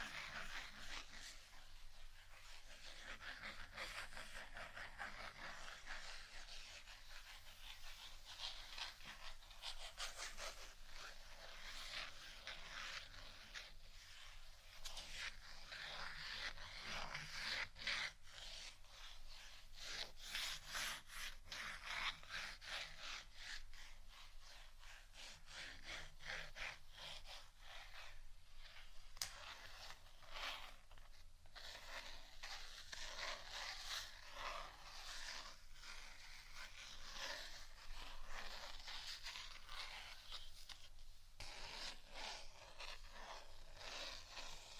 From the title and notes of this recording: ASMR Scratching Only（No Talking）.